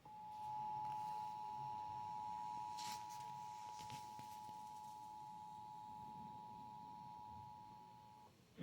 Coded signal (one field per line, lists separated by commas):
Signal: Emergency Alert System (SAME) tones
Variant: 853 and 960 Hz attention tone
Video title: Severe Thunderstorm Warning on KEC-60 (EAS #127)